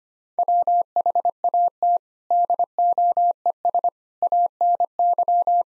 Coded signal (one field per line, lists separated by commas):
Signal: Morse code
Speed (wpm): 25 wpm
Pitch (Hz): 700 Hz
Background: none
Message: WHAT DOES ANY